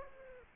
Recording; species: mosquito wingbeat signal from an infrared sensor; Aedes aegypti